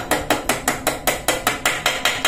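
A new steel steering bearing race (cup) is driven into the steering head tube of a Yamaha Mio scooter by hammer taps, with the old race used as a drift. A steady series of sharp metallic hammer blows is heard. The later blows at about 1.9, 2.1 and 2.3 seconds ring longer, as the changed sound shows the race has bottomed out and is fully seated.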